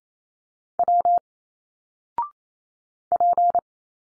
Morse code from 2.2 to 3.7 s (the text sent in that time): P